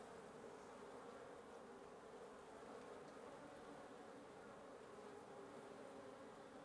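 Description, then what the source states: Wasp nest buzz, an even and unbroken hum of many wings with no other clear sounds. Wasp nest under the roof of the recordist's residence at 1a Avenida Norte 19, Antigua Guatemala, Guatemala; recorded in the morning.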